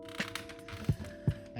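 A plastic keyboard case or plate is pushed back together so its clips snap into the keyboard frame, with a sharp click at 0.4 s over a steady low hum, followed by dull thumps near 0.9 and 1.3 s and another short knock at the end. The clips snap together but three points break, leaving more gap than there should be, so the case is not fully home.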